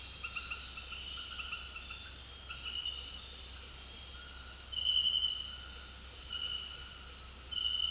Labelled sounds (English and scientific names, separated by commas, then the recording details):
none
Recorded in secondary vegetation near Puerto Asís, Putumayo, Colombia, on 18 February 2024 at 18:00
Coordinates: 0.481, -76.323
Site G6376